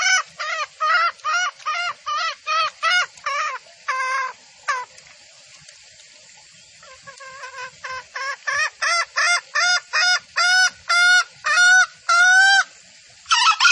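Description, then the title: Junglefowl calls: a fast run of harmonic notes, a pause, then another steady series of notes. Junglefowl call used as a lure for trapping in the forest; the titles call it both a female and a male junglefowl call. "Pancingan Suara Ayam Hutan Betina. Suara ayam hutan jantan buat masteran pikat di hutan"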